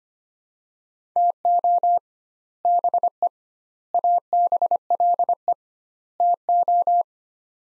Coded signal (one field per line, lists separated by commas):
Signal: Morse code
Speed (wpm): 25 wpm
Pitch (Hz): 700 Hz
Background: none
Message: TO BE ABLE TO